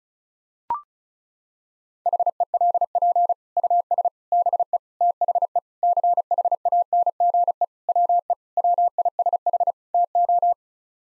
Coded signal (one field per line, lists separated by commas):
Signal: Morse code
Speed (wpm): 36 wpm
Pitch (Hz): 700 Hz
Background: none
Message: HELP US BE THE CHANGE WE WISH TO